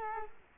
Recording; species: mosquito wingbeat signal from an infrared sensor; Culex quinquefasciatus